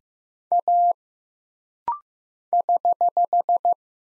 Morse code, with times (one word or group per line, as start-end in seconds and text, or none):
0.5-0.9 A
2.5-3.7 <HH>